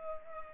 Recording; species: mosquito wingbeat signal from an infrared sensor; Culex pipiens